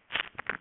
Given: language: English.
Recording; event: throat vibration sensor signal played as sound; swallow